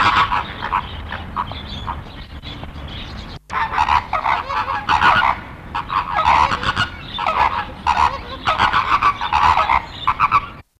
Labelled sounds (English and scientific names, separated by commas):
American Flamingo (Phoenicopterus ruber) call